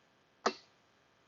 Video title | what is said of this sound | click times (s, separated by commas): How To Replace Intake Manifold Gaskets - Chevy Trailblazer (Andy’s Garage: Episode - 393) | you know it's locked in look through the top one now | 0.5 s